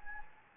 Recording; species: mosquito wingbeat signal from an infrared sensor; Anopheles gambiae